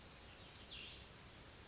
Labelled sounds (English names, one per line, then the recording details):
Cassin's Vireo
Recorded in Sonoma County, California